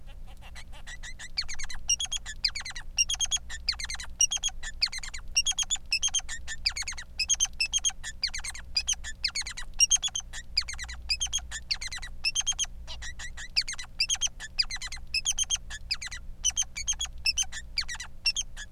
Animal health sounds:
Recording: song of a male Bengalese finch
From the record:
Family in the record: son of father 3

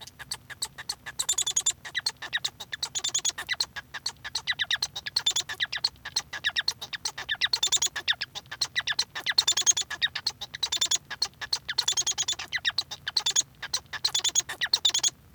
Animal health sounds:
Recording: song of a male Bengalese finch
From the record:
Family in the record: son of father 1

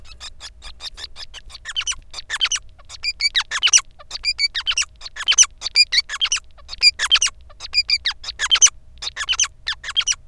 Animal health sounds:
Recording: song of a male Bengalese finch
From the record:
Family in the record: son of father 5

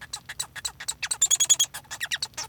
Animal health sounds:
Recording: song of a male Bengalese finch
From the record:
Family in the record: son of father 1

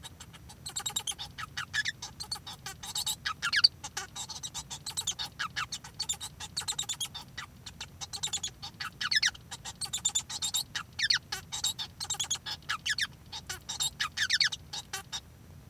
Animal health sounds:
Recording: song of a male Bengalese finch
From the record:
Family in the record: son of father 1

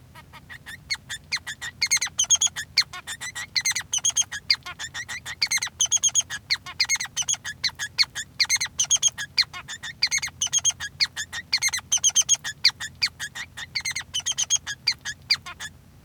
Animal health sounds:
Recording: song of a male Bengalese finch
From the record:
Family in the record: son of father 3

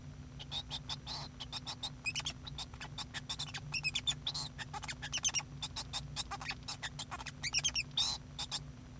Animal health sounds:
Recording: song of a male Bengalese finch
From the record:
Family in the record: son of father 2

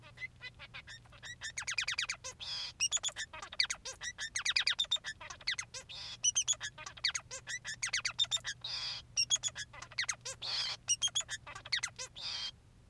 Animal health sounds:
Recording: song of a male Bengalese finch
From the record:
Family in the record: son of father 3

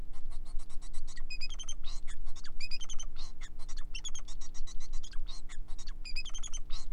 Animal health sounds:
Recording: song of a male Bengalese finch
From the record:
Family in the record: son of father 4

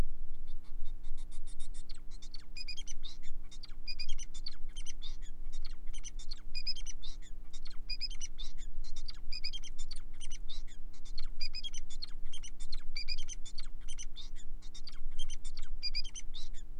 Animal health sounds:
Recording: song of a male Bengalese finch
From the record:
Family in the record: son of father 4

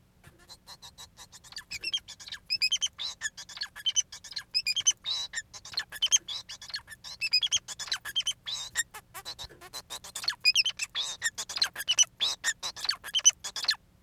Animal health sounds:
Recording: song of a male Bengalese finch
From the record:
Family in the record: son of father 4

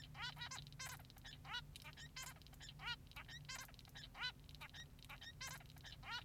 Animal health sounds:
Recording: song of a male Bengalese finch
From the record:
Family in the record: son of father 3

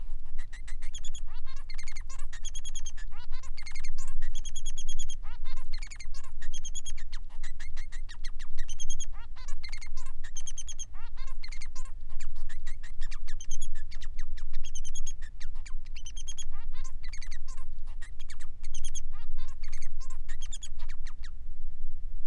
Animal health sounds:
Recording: song of a male Bengalese finch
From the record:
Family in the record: son of father 3

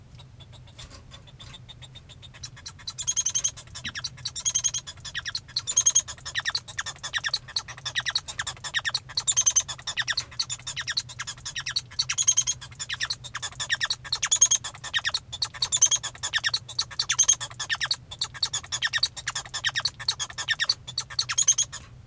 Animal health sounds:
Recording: song of a male Bengalese finch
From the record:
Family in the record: son of father 1

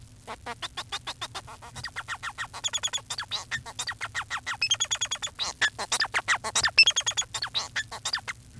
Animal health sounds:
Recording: song of a male Bengalese finch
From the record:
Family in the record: son of father 4

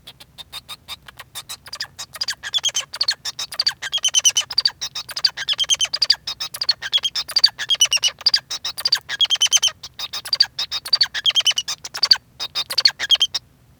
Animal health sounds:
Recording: song of a male Bengalese finch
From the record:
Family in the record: son of father 2

